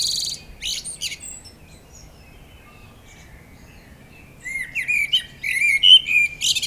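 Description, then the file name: Common blackbird: a high twittering fragment, a quiet spell, then a rich warbled phrase of rising and falling fluty notes with squeaky tail notes. "Turdus merula"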